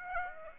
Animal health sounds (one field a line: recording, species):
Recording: mosquito wingbeat signal from an infrared sensor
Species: Aedes aegypti